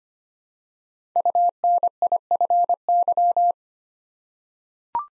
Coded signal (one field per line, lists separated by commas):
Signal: Morse code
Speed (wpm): 25 wpm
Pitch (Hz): 700 Hz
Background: none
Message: UNIFY